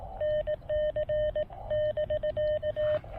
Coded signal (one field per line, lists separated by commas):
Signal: Morse code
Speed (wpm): 18 wpm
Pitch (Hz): 3050 Hz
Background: none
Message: NC<BK>